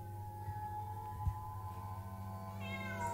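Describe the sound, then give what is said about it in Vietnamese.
Feral cats yowl in long, drawn-out wails that hold steady and then waver upward in pitch toward the end, with no voices present. “Trong bầu không khí tĩnh lặng này, có lẽ tiếng lũ mèo hoang kêu lên đâu đây khiến cho người ta nghe mà sợn cả gai ốc.”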